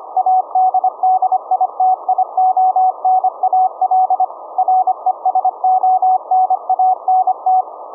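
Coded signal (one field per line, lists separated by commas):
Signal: Morse code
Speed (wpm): 25 wpm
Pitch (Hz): 750 Hz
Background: none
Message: ADDITIONAL RESONANT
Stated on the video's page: 1-watt QRP VLF CW at 17.650 kHz, sent from a Raspberry Pi USB sound card into a 21-foot delta loop, received via ferrite-core Tesla coil and SDR.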